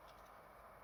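A Generation Toy GT11 Red Bull (T-Beasts Sideswipe) plastic transforming robot toy has its chest piece handled toward the robot body during transformation. Only a steady, even noise is heard, with no sharp sounds. Nothing has seated or clicked yet.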